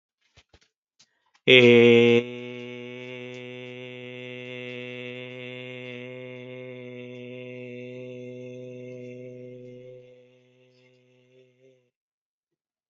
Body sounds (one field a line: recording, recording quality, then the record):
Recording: sustained vowel as in made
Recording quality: excellent, no background noise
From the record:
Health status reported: healthy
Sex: male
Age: 41 years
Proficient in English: yes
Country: United States